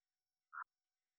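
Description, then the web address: Morelet's tree frog call: one brief, rich croaking note lasting about a tenth of a second, standing alone in near silence. "phyllomedusidae Agalychnis-moreletii"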